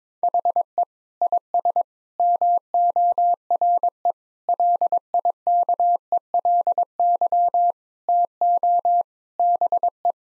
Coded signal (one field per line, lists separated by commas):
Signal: Morse code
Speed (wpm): 22 wpm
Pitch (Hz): 700 Hz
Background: none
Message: HE IS MORE LIKELY TO BE